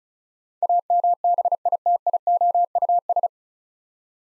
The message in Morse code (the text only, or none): AMBITIOUS